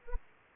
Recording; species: mosquito wingbeat signal from an infrared sensor; Anopheles arabiensis